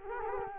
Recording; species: mosquito wingbeat signal from an infrared sensor; Culex quinquefasciatus